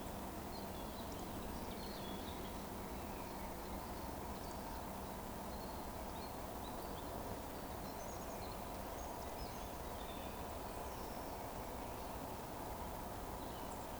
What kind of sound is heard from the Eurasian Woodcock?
whistle